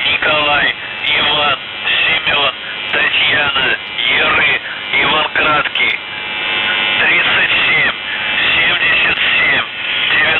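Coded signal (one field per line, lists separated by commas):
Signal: numbers station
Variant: UVB-76, Russian voice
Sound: a distorted voice reading short phrases through heavy shortwave static and hiss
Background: radio static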